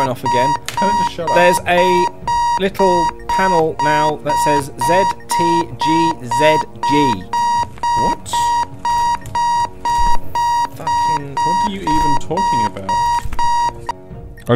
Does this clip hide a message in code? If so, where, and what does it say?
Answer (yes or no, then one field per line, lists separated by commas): no